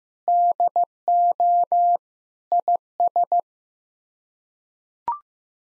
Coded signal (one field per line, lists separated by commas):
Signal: Morse code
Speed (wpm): 15 wpm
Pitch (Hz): 700 Hz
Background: none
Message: DO IS